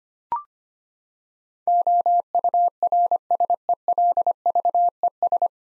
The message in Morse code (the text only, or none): OURSELVES